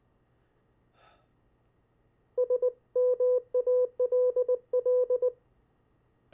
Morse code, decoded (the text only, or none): SMALL